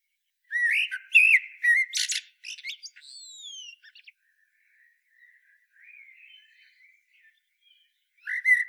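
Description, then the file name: Common blackbird song: mellow whistled notes followed by high squeaks and a thin descending whistle, quiet soft notes, then a new loud phrase at the end. "Turdus merula"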